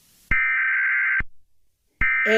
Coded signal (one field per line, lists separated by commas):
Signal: Emergency Alert System (SAME) tones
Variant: header bursts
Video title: Doodle Kaden reacts to @C_T_C09Official 's Little Einsteins.exe EAS scenario (CHILDHOOD RUINED)